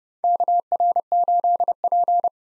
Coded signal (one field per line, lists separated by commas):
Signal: Morse code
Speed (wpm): 32 wpm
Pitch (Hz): 700 Hz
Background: none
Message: KR8P